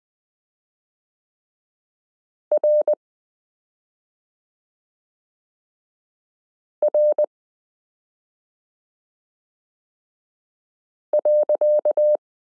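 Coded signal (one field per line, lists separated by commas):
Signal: Morse code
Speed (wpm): 20 wpm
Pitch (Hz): 600 Hz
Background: none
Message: RR.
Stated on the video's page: Morse listening lesson 12 in a Koch-method variation, adding the period to characters m k r s u a p t l o w i.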